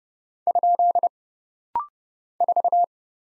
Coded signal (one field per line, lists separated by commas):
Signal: Morse code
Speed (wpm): 30 wpm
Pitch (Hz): 700 Hz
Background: none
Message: ? 4